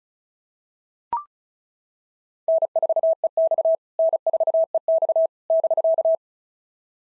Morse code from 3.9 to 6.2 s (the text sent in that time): N4EX <BK>